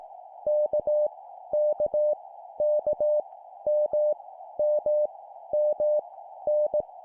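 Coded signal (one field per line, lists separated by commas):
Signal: Morse code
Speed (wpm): 18 wpm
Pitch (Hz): 600 Hz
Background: none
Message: K K K M M M N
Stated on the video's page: Morse practice drill at 17 wpm, random letters each repeated three times.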